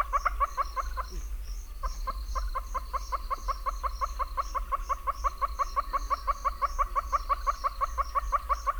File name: Northern Red-billed Hornbill (Tockus erythrorhynchus)